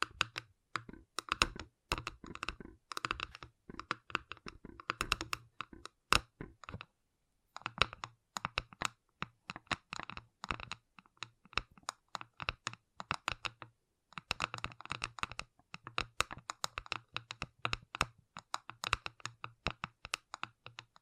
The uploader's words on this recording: ASMR Gentle Tapping You Will Fall Asleep To (No Talking).